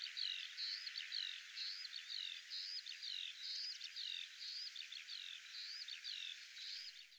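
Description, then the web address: Bird chirps and flat whistled notes repeated steadily over a strong continuous hiss. "birddata Deverinetal 2025 Bird"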